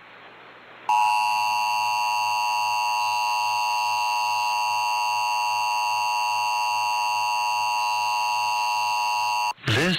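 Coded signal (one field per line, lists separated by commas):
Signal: Emergency Alert System (SAME) tones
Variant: 853 and 960 Hz attention tone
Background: speech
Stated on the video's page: Real 2023 national test broadcast on Tampa Bay TV stations, unedited, recorded from a streaming TV service.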